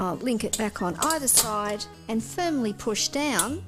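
A stand mixer's mixing bowl is lined up on both sides of the bowl-lift arms and is about to be pushed firmly down while someone talks, with faint clinking of the bowl against the arms. Nothing has seated or clicked yet; the clip ends before the bowl snaps into place.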